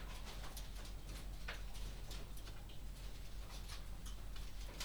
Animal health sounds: poultry house recording; no chicken sound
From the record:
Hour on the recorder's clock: 20

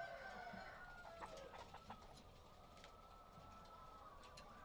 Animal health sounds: poultry house recording; healthy chickens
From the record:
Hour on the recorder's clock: 6

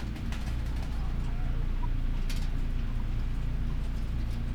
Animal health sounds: poultry house recording; healthy chickens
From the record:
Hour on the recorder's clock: 12

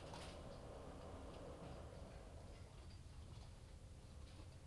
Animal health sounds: poultry house recording; no chicken sound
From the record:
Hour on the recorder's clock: 21

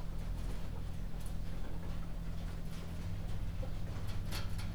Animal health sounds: poultry house recording; healthy chickens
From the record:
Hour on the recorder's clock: 22

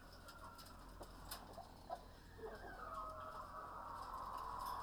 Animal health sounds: poultry house recording; healthy chickens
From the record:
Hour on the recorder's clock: 19

